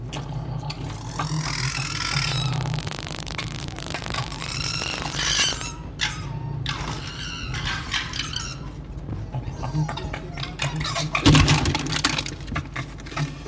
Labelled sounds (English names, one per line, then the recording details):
Red Fox
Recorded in captivity
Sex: group
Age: adult
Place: Zoologisches Institut der HUB, Berlin, DE
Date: 1956-03-01 17:20
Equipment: Elmetra
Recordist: Tembrock, Günter